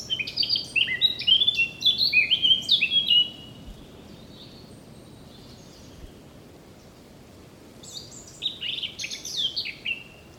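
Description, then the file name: Eurasian blackcap song: a rapid warbled phrase of high chirps sliding into clear fluty whistles for about three seconds, a pause, then a new phrase beginning near the end. "Sylvia atricapilla"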